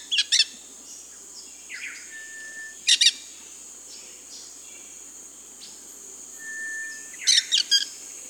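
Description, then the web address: Dusky-headed parakeet with grating, rasping call bursts at the start, near three seconds and near seven seconds, a few thin whistled notes between, and a constant high hiss behind. Recorded in Peru, Amazon region. "S America Birds of the Amazon. Dusky-headed Parakeet (Aratinga weddellii), Peru"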